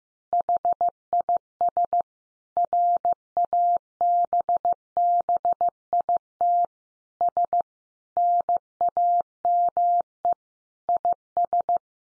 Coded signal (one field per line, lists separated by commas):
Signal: Morse code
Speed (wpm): 15 wpm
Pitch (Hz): 700 Hz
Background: none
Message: HIS RABBIT S NAME IS